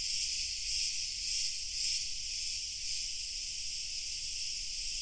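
Cicadas give a dense, high, hissing buzz that swells and fades about every half second for the first two seconds, then holds steady, with a low rumble underneath.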